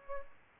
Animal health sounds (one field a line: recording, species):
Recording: mosquito wingbeat signal from an infrared sensor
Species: Aedes aegypti